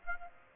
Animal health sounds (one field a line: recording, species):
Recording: mosquito wingbeat signal from an infrared sensor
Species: Aedes aegypti